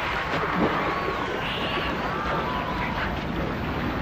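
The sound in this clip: Dolphin whistles, a few long gliding tones that rise and bend, overlapping faintly against a heavy underwater hiss.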